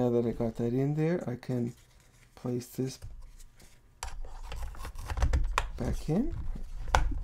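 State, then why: Seated. Someone talks while pushing the plastic arm of a replacement headstrap back into its side socket on a Meta Quest 2 VR headset, with plastic handling and rubbing sounds from about 4 s. A sharp click at 7.0 s marks the arm snapping into place, seated.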